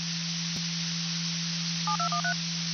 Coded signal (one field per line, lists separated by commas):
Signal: DTMF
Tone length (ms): 100 ms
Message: 7213